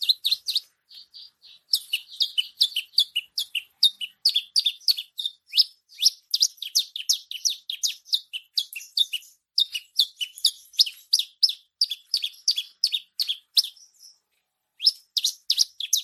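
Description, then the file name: Bushlark song: a dense, continuous stream of fast, high chirps and twittering notes, broken by short gaps near the start and near the end. Singing described as gacor, an Indonesian term for active, continuous song. "suara branjangan gacor mewah"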